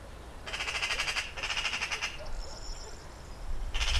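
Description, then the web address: Eurasian Magpie chattering in two harsh, rapid rattling bursts, then a third rattle starting at the very end. "Ocells Cultura Urraca común"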